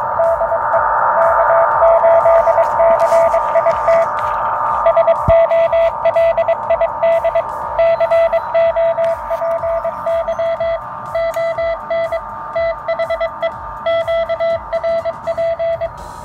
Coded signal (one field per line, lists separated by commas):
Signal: Morse code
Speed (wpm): 22 wpm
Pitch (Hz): 670 Hz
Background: music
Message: DE K8CIT SOLID COPY ON THE QRP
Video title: My Portable Folding Hamshack Chair